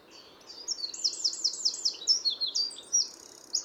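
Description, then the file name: Eurasian wren song, a long energetic stream of high, rapidly repeated trilled notes with quick changes in pitch, sung without a break. "Troglodytes troglodytes"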